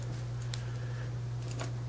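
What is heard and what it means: The sliding spring adjuster of an Iron Gripper 8 adjustable hand gripper is moved again and clicks into the next setting notch with a short, sharp click at 0.5 s, locking in place. A softer tick follows at about 1.5 s over a steady low hum.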